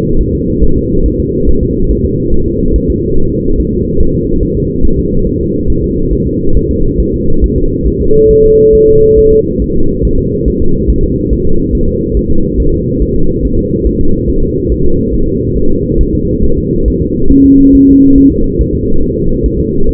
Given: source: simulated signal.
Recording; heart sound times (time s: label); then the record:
fetal heart sounds
0.21 s: S1
0.35 s: S2
0.64 s: S1
0.77 s: S2
1.06 s: S1
1.20 s: S2
1.49 s: S1
1.63 s: S2
1.91 s: S1
2.05 s: S2
2.34 s: S1
2.48 s: S2
2.76 s: S1
2.90 s: S2
3.18 s: S1
3.32 s: S2
3.60 s: S1
3.74 s: S2
4.01 s: S1
4.15 s: S2
4.43 s: S1
4.57 s: S2
4.85 s: S1
4.99 s: S2
5.27 s: S1
5.41 s: S2
5.70 s: S1
5.84 s: S2
6.13 s: S1
6.27 s: S2
6.57 s: S1
6.71 s: S2
7.00 s: S1
7.14 s: S2
7.44 s: S1
7.58 s: S2
7.88 s: S1
8.01 s: S2
8.31 s: S1
8.45 s: S2
8.75 s: S1
8.89 s: S2
9.19 s: S1
9.33 s: S2
9.62 s: S1
9.76 s: S2
10.05 s: S1
10.19 s: S2
10.48 s: S1
10.62 s: S2
10.90 s: S1
11.04 s: S2
11.33 s: S1
11.47 s: S2
11.75 s: S1
11.89 s: S2
12.17 s: S1
12.31 s: S2
12.60 s: S1
12.74 s: S2
13.02 s: S1
13.16 s: S2
13.45 s: S1
13.59 s: S2
13.87 s: S1
14.01 s: S2
14.30 s: S1
14.43 s: S2
14.72 s: S1
14.86 s: S2
15.14 s: S1
15.28 s: S2
15.58 s: S1
15.71 s: S2
16.01 s: S1
16.15 s: S2
16.44 s: S1
16.58 s: S2
16.88 s: S1
17.02 s: S2
17.32 s: S1
17.45 s: S2
17.75 s: S1
17.89 s: S2
18.18 s: S1
18.32 s: S2
18.61 s: S1
18.75 s: S2
19.03 s: S1
19.17 s: S2
19.46 s: S1
19.60 s: S2
19.89 s: S1
From the record:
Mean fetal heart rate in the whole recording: 140 bpm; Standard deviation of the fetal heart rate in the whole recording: 2 bpm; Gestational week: 34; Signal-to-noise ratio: -19.1 dB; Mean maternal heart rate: 72 bpm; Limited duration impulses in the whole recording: present